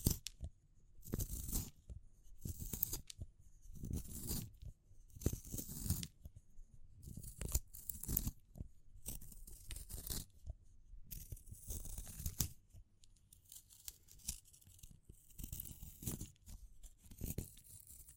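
Dry handling of wood, bamboo and straw, a steady run of rustling, crackling strokes and brief tearing crunches. Bursts come about every second, bright and scratchy, with soft low thumps beneath some of them and short near-silent gaps between.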